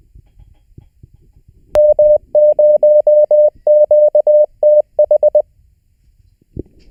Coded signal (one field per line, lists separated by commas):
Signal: Morse code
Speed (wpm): 20 wpm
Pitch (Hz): 600 Hz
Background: none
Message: M0QTH